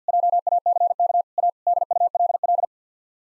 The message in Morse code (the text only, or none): JACK A DULL